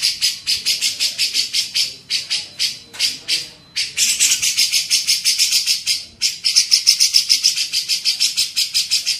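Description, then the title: Grey-cheeked bulbul rapidly repeating rasping chirps, about three a second, with a few short breaks. Masteran training recording used to tutor songbirds. "MASTERAN CUCAK JENGGOT"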